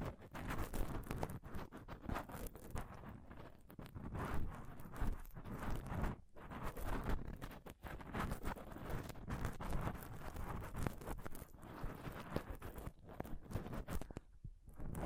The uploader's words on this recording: ASMR Intense Mic Scratching & Touching Close-Up Mic Sounds (No Talking).